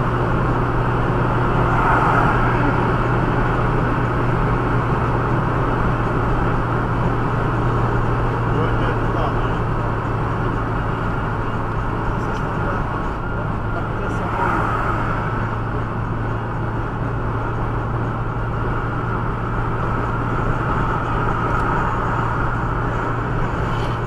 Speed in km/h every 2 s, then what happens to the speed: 114, 114, 113, 112, 109, 105, 103, 105, 108, 109, 110, 110.
0-11 slows to 103. 11-24 steady at about 108.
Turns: none.